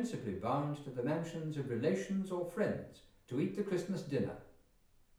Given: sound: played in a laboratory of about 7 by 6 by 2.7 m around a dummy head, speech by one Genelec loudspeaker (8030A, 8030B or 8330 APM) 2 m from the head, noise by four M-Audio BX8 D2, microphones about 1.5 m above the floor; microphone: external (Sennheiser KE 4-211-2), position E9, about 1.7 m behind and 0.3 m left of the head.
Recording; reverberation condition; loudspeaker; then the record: male speech in English; medium; 90 degrees to the right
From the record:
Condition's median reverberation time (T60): about 510 ms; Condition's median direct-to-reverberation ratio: about -0.5 dB